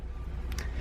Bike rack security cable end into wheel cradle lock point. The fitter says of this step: goes through the frame and then connects to a lockdown point located on that back wheel cradle and that just snaps into place there